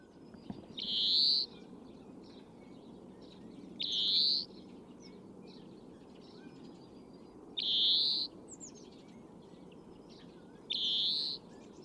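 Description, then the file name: European greenfinch giving buzzy, rising wheezes, four in all, spaced a few seconds apart, with soft chirps in between. "Chloris chloris"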